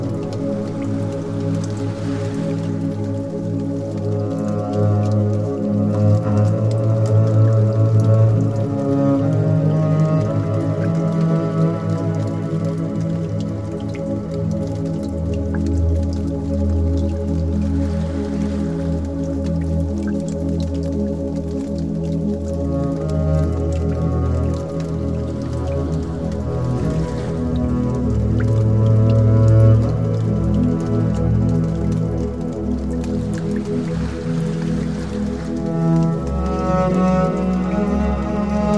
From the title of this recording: water flow with beautiful melody